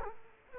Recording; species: mosquito wingbeat signal from an infrared sensor; Culex quinquefasciatus